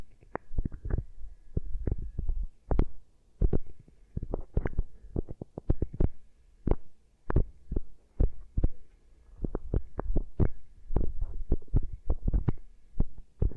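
Beeswax is pressed and worked over the ear, making soft, muffled thumps and squishes. The sounds come in quick, irregular clusters of several per second, deep and dull with only a little crackle on top, broken by short pauses throughout.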